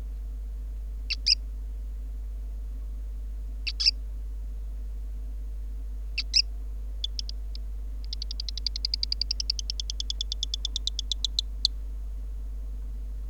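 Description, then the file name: Latifi's dwarf gecko clicking: three separate double clicks a few seconds apart, then a long, fast series of sharp clicks that ends with a louder click. "Microgecko Latifi"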